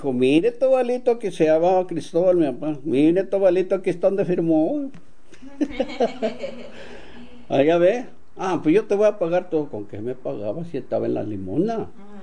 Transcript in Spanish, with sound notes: “Mire, Tobalito”, porque se llamaba Cristóbal mi papá. “Mire, Tobalito, aquí está onde firmó”. (risas) Allá ve. “Ah, pos yo te voy a pagar todo”. ¿Con qué me pagaba? Si estaba en la limosna.